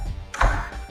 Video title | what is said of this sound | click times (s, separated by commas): Ini Alasannya! Kenapa uPVC KDS Pilihan Nomor 1 di Alam Sutera | Dia sudah mengunci atas bawah begitu. | 0.3 s, 0.4 s